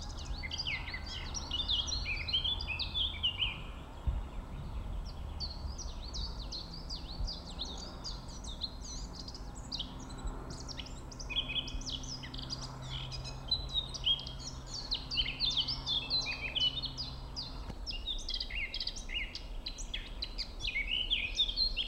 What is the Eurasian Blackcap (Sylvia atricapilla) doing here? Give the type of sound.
song